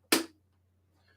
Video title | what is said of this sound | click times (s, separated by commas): New Light - VEGAS UNWIND - SE 5000 Assembly | it's a lot different. They just snap right in. Watch. | 0.1 s